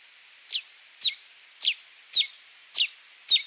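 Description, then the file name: Helmeted manakin song: six sharp, high descending notes, each sliding down quickly, spaced roughly half a second apart over a faint steady hiss. "Canto do soldado de crista vermelha"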